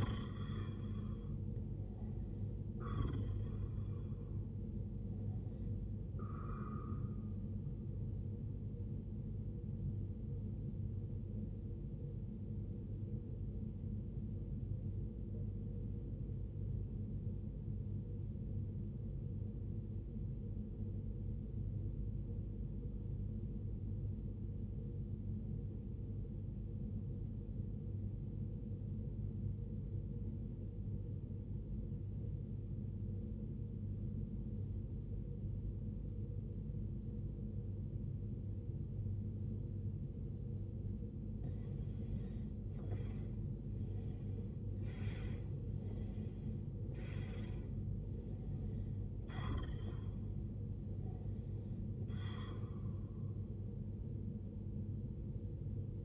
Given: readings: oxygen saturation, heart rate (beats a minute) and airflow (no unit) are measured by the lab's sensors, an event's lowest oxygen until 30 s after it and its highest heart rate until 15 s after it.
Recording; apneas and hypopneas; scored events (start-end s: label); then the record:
breathing in sleep by a smartphone at the bedside; 1
16.00-43.30 s: obstructive apnea (REM, oxygen 96% highest, then 91% lowest, heart rate 62 at the start, 75 highest)
From the record:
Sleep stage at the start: REM sleep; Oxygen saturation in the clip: 91 to 96%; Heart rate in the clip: 46 to 75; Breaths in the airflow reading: 8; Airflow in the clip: -19.2 to 16.6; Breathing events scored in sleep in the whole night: 389 in 6.3 hours asleep